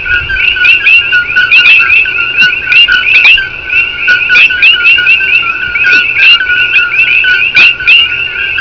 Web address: Alien Species In Hawaii species frogs lotsafrogs